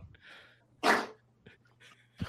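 A single sharp, explosive sneeze bursts out after a quiet lead-in, with faint room noise around it.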